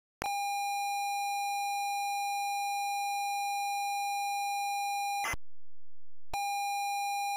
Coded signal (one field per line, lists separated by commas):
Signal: ZX Spectrum tape loading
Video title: Chloe Aprende a Reciclar (ZX Spectrum) Loading